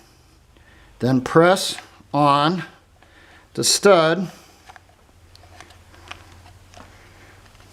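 Someone talks while handling the slider on a training land-mine fuse, pressing it against its stud. A few faint, sharp ticks follow the talking. Nothing has locked into place yet.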